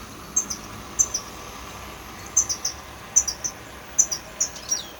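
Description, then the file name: European goldfinch uttering thin, high chirps in small clusters of two or three, repeated several times over a steady hiss. "Carduelis carduelis"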